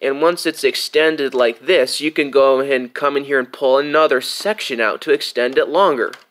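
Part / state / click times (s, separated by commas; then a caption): telescoping plastic boom section on a toy tow truck / not seated / none. Someone talks while handling the telescoping plastic boom on a Driven Standard Series toy tow truck, getting ready to pull the inner plastic section out to extend it longer. The section clicks into its extended position because of a small bump (detent), but nothing has seated or clicked yet in this clip.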